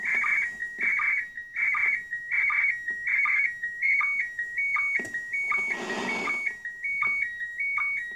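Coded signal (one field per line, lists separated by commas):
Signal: SSTV (slow-scan television)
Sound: warbling high tone shifting around 2 kHz, with regular low blips and noisy bursts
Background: radio static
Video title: Odbiór transmisji SSTV bezpośrednio ze stacji kosmicznej ISS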